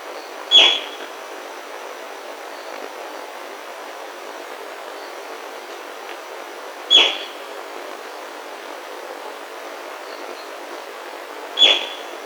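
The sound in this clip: Bird giving brief, sharp, high single calls spaced several seconds apart over a steady hiss of background noise.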